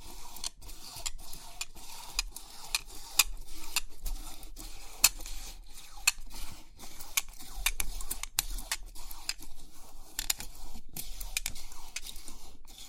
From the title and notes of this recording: Crisp 3D Pin Art Tingles(No Talking).